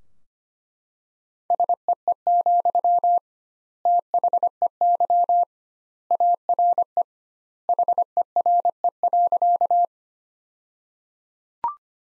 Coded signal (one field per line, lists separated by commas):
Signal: Morse code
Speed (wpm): 25 wpm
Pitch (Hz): 700 Hz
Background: none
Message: SEE, THEY ARE HERE.